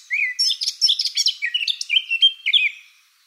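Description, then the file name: Eurasian blackcap song: a fast chattering warble of varied notes running into clear, fluted whistled phrases before fading out. "Sylvia atricapilla"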